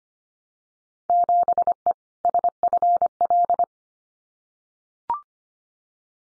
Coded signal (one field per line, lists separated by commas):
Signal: Morse code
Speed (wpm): 25 wpm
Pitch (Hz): 700 Hz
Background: none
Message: 7E SFL